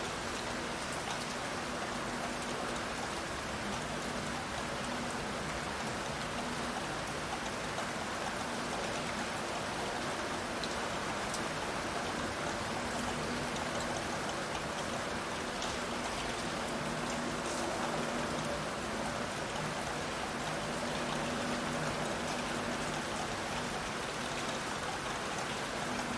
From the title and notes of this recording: Rain Sounds.